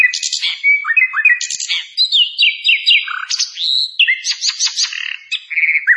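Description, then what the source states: Continuous Hill blue flycatcher song of sweet whistles, quick descending slurs and short chattering trills that jump between high and mid pitches. Clear song, used for training (masteran).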